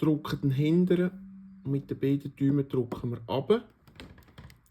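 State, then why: Seated. Someone talks while a new HEPA filter is pressed down with both thumbs into the filter compartment of a Miele vacuum cleaner. A string of small clicks follows as its plastic frame snaps into the side catches and the rear barbed catch. The filter seats with a click at 4.0 s.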